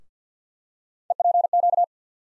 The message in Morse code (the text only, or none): EPQ